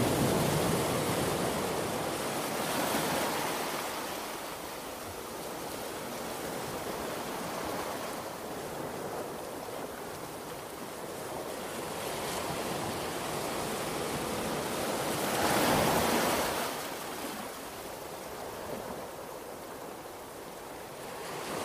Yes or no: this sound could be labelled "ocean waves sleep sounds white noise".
yes